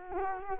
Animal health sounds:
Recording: mosquito wingbeat signal from an infrared sensor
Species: Culex quinquefasciatus

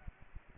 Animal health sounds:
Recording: mosquito wingbeat signal from an infrared sensor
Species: Aedes aegypti

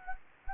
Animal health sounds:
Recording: mosquito wingbeat signal from an infrared sensor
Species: Anopheles gambiae

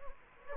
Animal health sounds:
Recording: mosquito wingbeat signal from an infrared sensor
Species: Anopheles gambiae

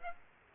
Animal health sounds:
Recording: mosquito wingbeat signal from an infrared sensor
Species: Aedes aegypti

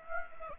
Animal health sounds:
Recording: mosquito wingbeat signal from an infrared sensor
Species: Aedes aegypti

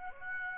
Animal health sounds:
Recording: mosquito wingbeat signal from an infrared sensor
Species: Aedes aegypti

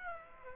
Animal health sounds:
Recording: mosquito wingbeat signal from an infrared sensor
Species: Aedes aegypti

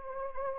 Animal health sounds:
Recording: mosquito wingbeat signal from an infrared sensor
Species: Anopheles arabiensis

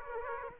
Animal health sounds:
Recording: mosquito wingbeat signal from an infrared sensor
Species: Aedes aegypti

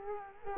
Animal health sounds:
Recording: mosquito wingbeat signal from an infrared sensor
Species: Culex quinquefasciatus

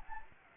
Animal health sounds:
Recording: mosquito wingbeat signal from an infrared sensor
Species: Anopheles gambiae

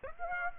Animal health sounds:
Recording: mosquito wingbeat signal from an infrared sensor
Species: Aedes aegypti

